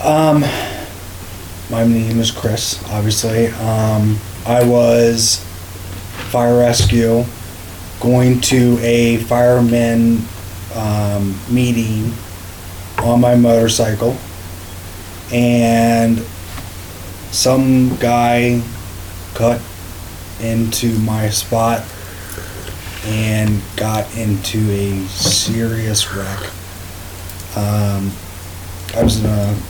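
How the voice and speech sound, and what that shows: An adult man with aphasia after a traumatic brain injury from a serious motorcycle wreck speaks in short, halting phrases broken by pauses of up to a second or more, with frequent drawn-out 'um' fillers and stretched sounds, though his sentences stay meaningful. The slow, effortful, word-searching delivery fits aphasia.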